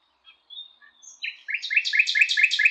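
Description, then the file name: Common nightingale song: faint high whistled notes building into a fast, loud, rhythmic repeated trill. "Luscinia megarhynchos"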